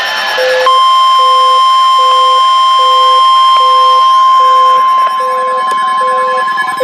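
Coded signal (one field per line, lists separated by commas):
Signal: Emergency Alert System (SAME) tones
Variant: 1050 Hz attention tone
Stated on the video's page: Severe weather alerts received from weather radio.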